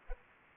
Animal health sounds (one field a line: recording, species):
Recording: mosquito wingbeat signal from an infrared sensor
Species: Aedes aegypti